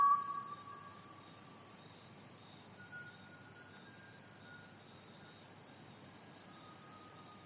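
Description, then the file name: Crickets chirping in a steady, high, shimmering trill throughout, with a few faint drawn-out whistles in the background. "pied butcherbird and crickets chirping"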